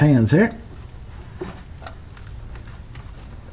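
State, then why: Not seated. An O2 sensor wiring connector is handled against its mating plug during a Carb Cheater install on a 1973 Newport, after it first refused to click. Someone talks briefly at the start, then quiet handling follows with small sharp ticks around 1.9, 2.2 and 3.0 seconds. The connector has not clicked in or seated yet.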